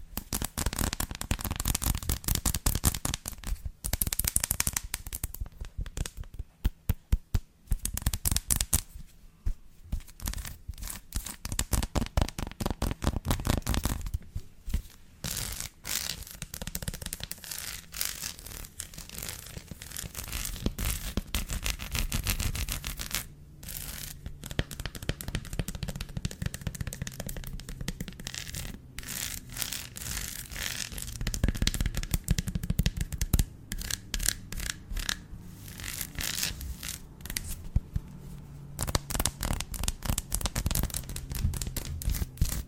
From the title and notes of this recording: ASMR - TAPPING and SCRATCHING on CHOCOLATE (textured).